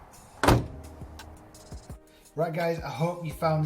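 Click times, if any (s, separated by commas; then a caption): 0.4 s. The steel bonnet of a 2013 Vauxhall Corsa D 1.4L petrol (A14XER) is lowered and dropped so its catch engages the front latch, giving a loud metallic slam at 0.4 s as it latches shut. A quieter knock follows around 1.2 s, and someone talks toward the end.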